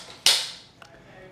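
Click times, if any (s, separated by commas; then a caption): 0.3 s. A rear push handle on a Jazzy Carbon 27X folding power wheelchair is raised on the frame until it locks upright in its folding hinge lock. A loud, sharp click at 0.3 s rings out and fades over about half a second, followed by a faint short tick at 0.8 s. The handle is seated and locked in place.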